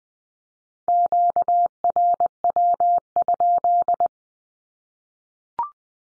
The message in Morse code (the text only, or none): QRW?